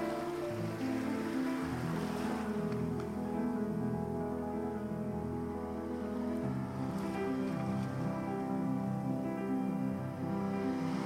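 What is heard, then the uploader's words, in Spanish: Soft, calm music plays with sustained low tones and gentle melodic notes that shift every second or two, over a steady wash of ocean waves. The sound stays even throughout, with faint brighter swells near two and seven seconds. OLAS DEL OCÉANO y MÚSICA Relajante. Los sonidos relajantes del océano junto con una música suave y tranquila.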